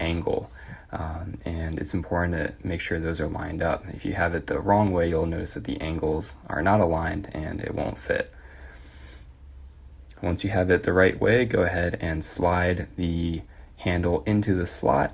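A surgical scalpel blade is lined up with the angled slot on a metal scalpel handle before being slid onto its tracks, while someone talks. Speech fills most of the clip, with a quieter pause from about 8.3 to 10.2 s that holds only a faint brief sound near 9.7 s. The blade has not been seated yet and nothing has clicked.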